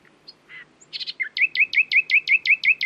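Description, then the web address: Common nightingale song opening with soft scattered notes and a buzzy burst, then a steady run of about ten loud, repeated slurred chirps. "owen Common Nightingale (Luscinia megarhynchos)"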